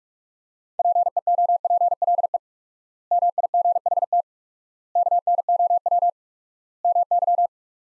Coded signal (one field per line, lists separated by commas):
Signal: Morse code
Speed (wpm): 46 wpm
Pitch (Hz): 700 Hz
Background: none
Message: PEOPLE MIGHT KNOW MY